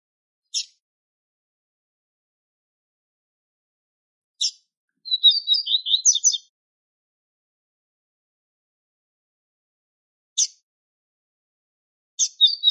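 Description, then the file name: Double-collared seedeater gives one brisk, high twittering phrase and the start of another at the very end, with several isolated sharp call notes spaced through long silent gaps. Male song. "canto da coleirinha macho"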